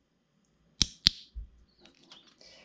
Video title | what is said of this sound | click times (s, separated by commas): Replace Car Wiring Connectors From Scratch - DIY Automotive Connectors Step By Step Guide | then we can push in this orange tab to lock them all in place | 0.8 s, 1.1 s